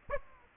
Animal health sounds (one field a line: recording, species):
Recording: mosquito wingbeat signal from an infrared sensor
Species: Aedes aegypti